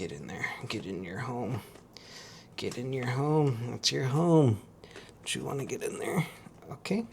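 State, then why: Not seated. Someone talks while working a detachable game controller into the side rail of a Legion Go 2 handheld console, and a brief sharp handling sound comes at about 2.0 s. The controller is handled but has not seated or clicked into place yet.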